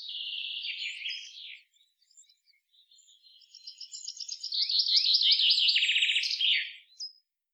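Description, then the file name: Common chaffinch song: a high opening phrase, a pause, then a series of rapid repeated notes swelling in loudness and ending in a short flourish. "Fringilla coelebs"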